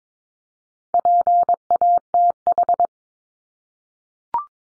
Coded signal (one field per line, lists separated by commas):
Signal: Morse code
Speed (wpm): 22 wpm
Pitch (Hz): 700 Hz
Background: none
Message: PATH